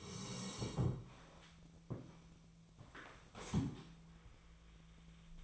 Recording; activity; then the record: daily activity, microphone in the room; sit down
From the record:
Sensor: 1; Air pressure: 1000.5 hPa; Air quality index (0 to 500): 176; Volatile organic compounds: 4 ppm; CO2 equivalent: 1628 ppm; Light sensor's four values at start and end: 16/37/16/18 and 16/38/16/18